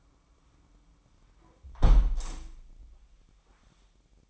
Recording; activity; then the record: daily activity, microphone in the room; close window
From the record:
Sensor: 1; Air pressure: 998.6 hPa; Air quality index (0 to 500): 129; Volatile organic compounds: 4 ppm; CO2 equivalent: 1551 ppm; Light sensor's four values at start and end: 9/21/9/10 and 8/20/8/10